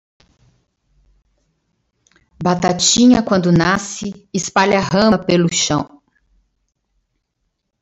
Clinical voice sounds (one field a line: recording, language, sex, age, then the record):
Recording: short text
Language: Brazilian Portuguese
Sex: female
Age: 50 to 59 years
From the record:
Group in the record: control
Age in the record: 54 years